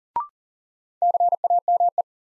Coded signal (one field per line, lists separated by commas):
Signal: Morse code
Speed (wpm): 40 wpm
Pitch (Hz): 700 Hz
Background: none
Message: CAME